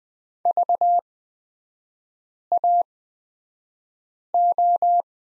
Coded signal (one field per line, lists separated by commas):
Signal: Morse code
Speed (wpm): 20 wpm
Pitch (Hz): 700 Hz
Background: none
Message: VAO